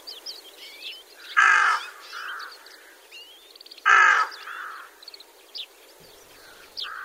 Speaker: ミヤマガラスは越冬のため日本へやってくる冬鳥です